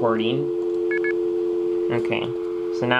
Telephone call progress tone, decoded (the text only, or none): dial tone